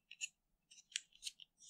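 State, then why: Not seated. A plastic interior door compartment is handled against the door of a 1/8 scale DeAgostini Ford GT40 model as it is pushed in. Brief, light plastic ticks and scrapes are heard, with the sharpest at about 1.0 s. The part has not seated or clicked into place yet.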